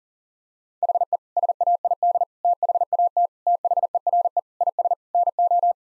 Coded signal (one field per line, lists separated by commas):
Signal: Morse code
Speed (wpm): 40 wpm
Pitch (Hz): 700 Hz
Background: none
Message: HE SAID THAT THERE IS NO